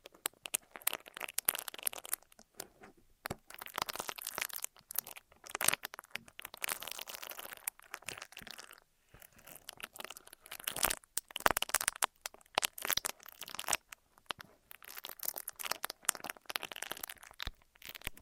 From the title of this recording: Ear Massage, Cleaning